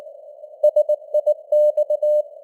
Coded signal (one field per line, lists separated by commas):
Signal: Morse code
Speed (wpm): 19 wpm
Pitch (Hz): 600 Hz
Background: none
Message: SIX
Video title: Morse Code News | 2025-12-01 | 19wpm